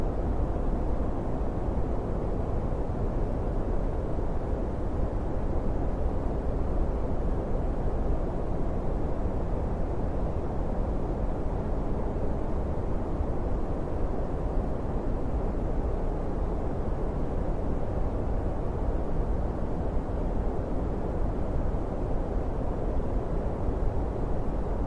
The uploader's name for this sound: Brown Noise